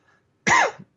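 One short, voiced cough from an adult man, under half a second, with a slight trailing catch in a quiet room, heard on air while he presents remotely without a cough button.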